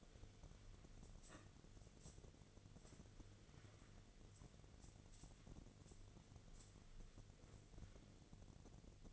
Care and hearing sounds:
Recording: daily activity, microphone in the room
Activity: wipe stove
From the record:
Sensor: 4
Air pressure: 1001.3 hPa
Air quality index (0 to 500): 186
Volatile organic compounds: 3 ppm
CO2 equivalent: 1326 ppm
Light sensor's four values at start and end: 14/32/13/14 and 14/32/13/14

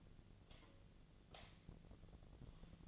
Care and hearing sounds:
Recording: daily activity, microphone in the room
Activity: light off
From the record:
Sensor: 4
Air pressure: 1010.6 hPa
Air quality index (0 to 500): 172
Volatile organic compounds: 5 ppm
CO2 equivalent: 1748 ppm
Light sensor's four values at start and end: 38/109/43/44 and 37/108/43/44

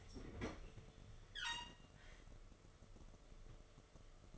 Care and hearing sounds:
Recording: daily activity, microphone in the room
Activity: open fridge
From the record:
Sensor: 4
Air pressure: 1015.9 hPa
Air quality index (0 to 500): 195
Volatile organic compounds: 10 ppm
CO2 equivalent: 2249 ppm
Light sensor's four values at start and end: 19/44/19/20 and 13/30/13/14

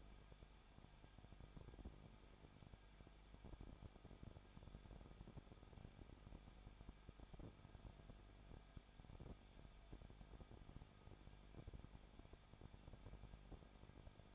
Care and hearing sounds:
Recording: daily activity, microphone in the room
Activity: no activity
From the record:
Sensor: 5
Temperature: 20.9 degrees Celsius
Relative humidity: 35.1%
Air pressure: 994.7 hPa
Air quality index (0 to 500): 154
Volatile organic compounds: 2 ppm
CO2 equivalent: 1289 ppm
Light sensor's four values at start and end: 2/3/1/1 and 2/3/1/1

